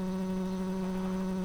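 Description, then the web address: Tree bumblebee buzzing: a steady, low, even hum with strong harmonics, unbroken throughout. Workers. "Hypnorum workers"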